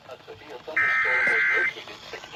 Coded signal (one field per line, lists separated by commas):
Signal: Emergency Alert System (SAME) tones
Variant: header bursts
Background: speech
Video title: WTF was that ffw issuance? EAS Alerts from 7/10/2026 (EAS 565-580)